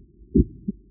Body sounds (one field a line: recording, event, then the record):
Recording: neck accelerometer signal played as sound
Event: voluntary cough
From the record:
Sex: male